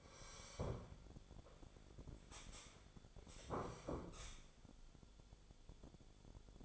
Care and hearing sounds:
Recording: daily activity, microphone in the room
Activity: sit down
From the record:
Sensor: 5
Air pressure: 1015.3 hPa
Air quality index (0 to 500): 186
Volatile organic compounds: 7 ppm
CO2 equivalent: 2015 ppm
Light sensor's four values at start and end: 36/81/33/31 and 36/81/33/31

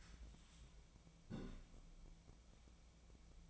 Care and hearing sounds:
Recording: daily activity, microphone in the room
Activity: take from stove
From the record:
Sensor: 1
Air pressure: 1009.9 hPa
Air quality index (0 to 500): 187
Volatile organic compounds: 17 ppm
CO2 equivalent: 2570 ppm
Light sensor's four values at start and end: 38/96/40/49 and 37/95/40/49

